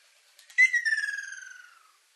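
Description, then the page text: Ruddy kingfisher calling one rolling trill that starts loud and high, then slides steadily downward while weakening to silence. Ryukyu subspecies bangsi, recorded 29 April 2000. "Halcyon coromanda bangsi [Sounds -Nikko Today-]"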